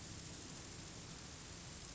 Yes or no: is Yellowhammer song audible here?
no